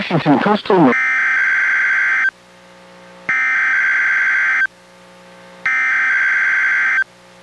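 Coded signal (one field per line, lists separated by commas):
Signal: Emergency Alert System (SAME) tones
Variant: header bursts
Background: speech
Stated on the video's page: NOAA Weather Radio required weekly test from NWS Portland, relayed by station KEC91 and recorded from a Reecom R-1630 weather radio through a Zoom H1 recorder.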